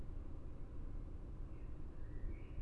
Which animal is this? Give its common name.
Common Blackbird